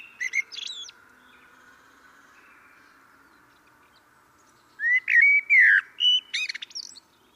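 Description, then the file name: Common blackbird song: the tail of a high twittering phrase, a long quiet gap, then a full phrase of loud mellow whistles ending in squeaky notes. "Turdus merula"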